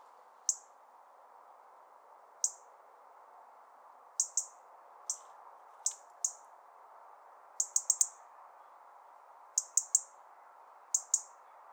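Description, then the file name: European robin calling with scattered high, clipped tick notes, some single and some in quick pairs or triplets, irregularly spaced, over a low steady hum. "Erithacus rubecula"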